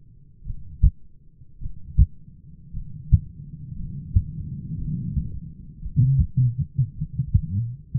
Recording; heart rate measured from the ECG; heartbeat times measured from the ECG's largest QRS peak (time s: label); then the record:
heart sounds by stethoscope; 55 bpm
0.45 s: heartbeat
1.60 s: heartbeat
2.73 s: heartbeat
3.76 s: heartbeat
4.77 s: heartbeat
5.80 s: heartbeat
6.95 s: heartbeat
From the record:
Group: heart failure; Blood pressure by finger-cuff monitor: 98/59 mmHg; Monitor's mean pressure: 70 mmHg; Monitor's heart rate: 57 bpm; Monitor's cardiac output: 5.9 L/min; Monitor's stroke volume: 110 mL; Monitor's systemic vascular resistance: 860 dyn s/cm5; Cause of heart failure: dilated cardiomyopathy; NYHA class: 2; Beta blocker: bisoprolol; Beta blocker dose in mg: 10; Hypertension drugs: sacubitril-valsartan, spironolactone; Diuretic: furosemide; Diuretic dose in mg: 40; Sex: male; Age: 29 years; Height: 174 cm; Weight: 92 kg